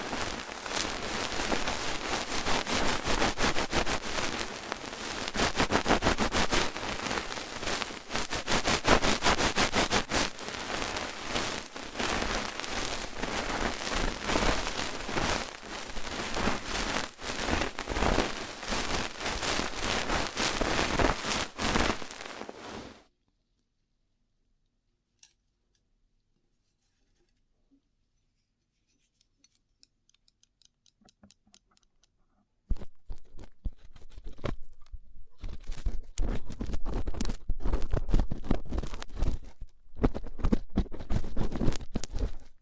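Rough ear cleaning makes a dense, scratchy crackle and rustle, like patter, that runs steadily for the first twenty-odd seconds. It then stops for about ten seconds, broken only by a faint click, before sparser, uneven scraping and crackling resume toward the end.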